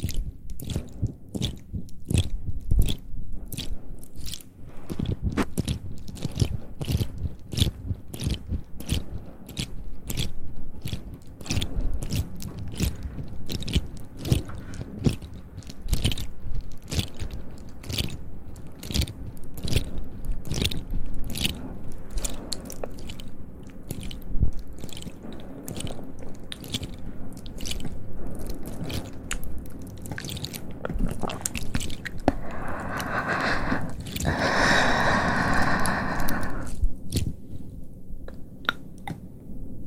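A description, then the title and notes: Soft mouth sounds, wet clicks and crunchy, chewing-like snaps, come in a dense, irregular stream for the whole 40 seconds over a low, steady rumble. Around 33 to 36 seconds a brighter, airy swell, like a breath, rises briefly before the clicking resumes. Soft Mouth Sounds For Sleep.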